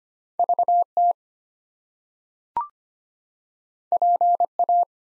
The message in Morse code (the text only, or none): VT PA